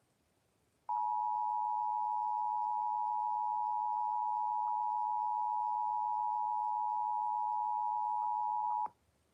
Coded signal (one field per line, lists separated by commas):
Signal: Emergency Alert System (SAME) tones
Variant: 853 and 960 Hz attention tone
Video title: EAS Severe T’storm Warning #38 3/14/25 (Credit Goes To @SouthernPennsylvaniaWX & @KanawhaCountyWX)